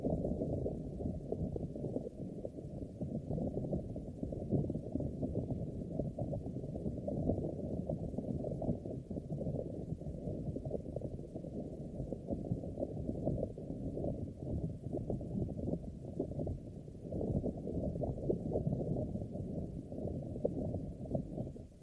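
A foam mic cover is scratched and brushed continuously, a dense, low, muffled rustling that stays steady throughout with no pauses or talking.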